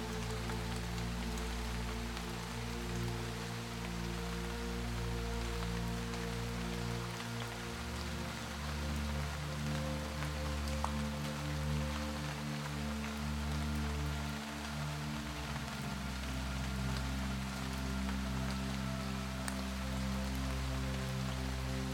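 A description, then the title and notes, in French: A steady rain shower patters densely throughout, while a soft, low melody of sustained notes shifts slowly underneath, changing pitch every few seconds. Une Averse de PLUIE et une MELODIE Douce. Le son apaisant d'une averse de pluie.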